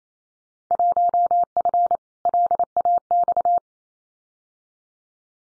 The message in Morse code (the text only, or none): 1F LAX